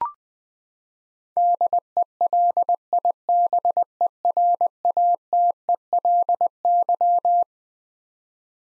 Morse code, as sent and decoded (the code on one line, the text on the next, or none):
-.. . .-.. .. -... . .-. .- - . .-.. -.--
DELIBERATELY